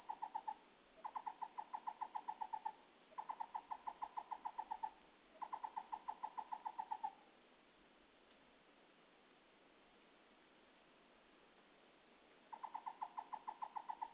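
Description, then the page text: Chinese barbet giving fast rhythmic runs of hollow notes in about two-second bursts, four phrases then a long quiet gap before another phrase begins. Heard but not seen at the edge of Tianbaoyan nature reserve near Guixi village, Yong'an, Fujian, China, 11–12 July 2013, sunny weather; species rarely recorded in Fujian. "2013年7月11至12日永安天宝岩观鸟记录"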